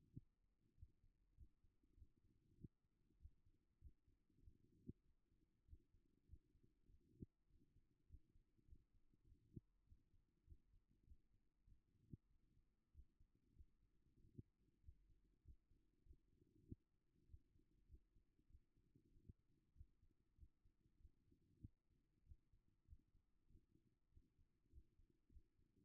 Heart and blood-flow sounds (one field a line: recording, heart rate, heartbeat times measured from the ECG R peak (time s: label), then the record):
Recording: heart sounds by stethoscope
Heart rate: 98 bpm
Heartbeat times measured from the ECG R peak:
0.15 s: heartbeat
0.75 s: heartbeat
1.36 s: heartbeat
1.95 s: heartbeat
2.56 s: heartbeat
3.18 s: heartbeat
3.79 s: heartbeat
4.40 s: heartbeat
5.03 s: heartbeat
5.66 s: heartbeat
6.26 s: heartbeat
6.87 s: heartbeat
7.47 s: heartbeat
8.07 s: heartbeat
8.66 s: heartbeat
9.25 s: heartbeat
9.85 s: heartbeat
10.45 s: heartbeat
11.05 s: heartbeat
11.65 s: heartbeat
12.28 s: heartbeat
12.92 s: heartbeat
13.54 s: heartbeat
14.17 s: heartbeat
14.81 s: heartbeat
15.43 s: heartbeat
16.04 s: heartbeat
16.65 s: heartbeat
17.27 s: heartbeat
17.87 s: heartbeat
18.47 s: heartbeat
19.09 s: heartbeat
19.73 s: heartbeat
20.36 s: heartbeat
20.98 s: heartbeat
21.61 s: heartbeat
22.24 s: heartbeat
22.86 s: heartbeat
23.47 s: heartbeat
24.10 s: heartbeat
24.70 s: heartbeat
25.30 s: heartbeat
25.84 s: heartbeat
From the record:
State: after exercise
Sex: female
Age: 33 years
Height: 160 cm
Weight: 54 kg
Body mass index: 21.09